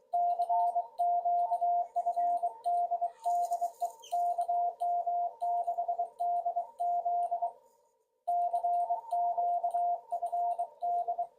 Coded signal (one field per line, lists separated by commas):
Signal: Morse code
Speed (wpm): 23 wpm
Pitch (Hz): 700 Hz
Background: radio noise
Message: CQ FD DE KM6DZ CQ FD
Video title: Prepare for the worst... Hope for the best️ / Field Day 2023